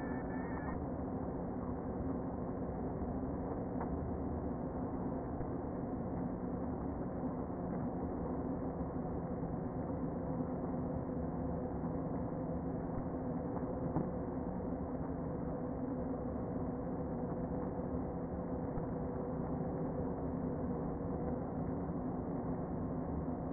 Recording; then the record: honeybee colony, microphone inside the hive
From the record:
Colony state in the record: queen present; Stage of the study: before two queens were removed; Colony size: about 60,000 bees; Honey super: yes